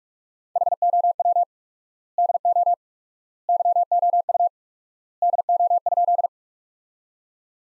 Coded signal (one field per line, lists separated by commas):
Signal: Morse code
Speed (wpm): 46 wpm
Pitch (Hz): 700 Hz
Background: none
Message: HOW DO YOU DO?